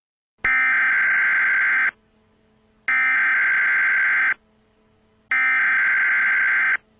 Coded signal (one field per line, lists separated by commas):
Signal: Emergency Alert System (SAME) tones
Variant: header bursts